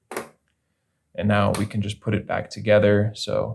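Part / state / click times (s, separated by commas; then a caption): internal battery holder piece going into the plastic key fob housing / seated / 0.1 s. During a battery replacement on a 2018–2020 Mitsubishi Eclipse Cross key fob, the internal battery holder piece is slid under two tabs and its opposite side snapped into the plastic fob housing. A short, sharp snap is heard at 0.1 s, followed by a second of silence and then someone talking. The piece seats in place.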